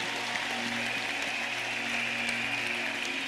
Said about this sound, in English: And first clap to the Lord. Na kwanza mpigie Bwana makofi.